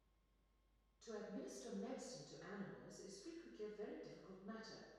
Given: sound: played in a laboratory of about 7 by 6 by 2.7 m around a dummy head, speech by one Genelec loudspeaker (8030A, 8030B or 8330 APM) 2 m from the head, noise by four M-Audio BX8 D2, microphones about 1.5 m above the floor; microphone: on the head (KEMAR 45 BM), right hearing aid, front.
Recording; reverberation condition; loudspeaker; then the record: female speech in English; high; 60 degrees to the left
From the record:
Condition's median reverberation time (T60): about 1300 ms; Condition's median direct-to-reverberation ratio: about -4.0 dB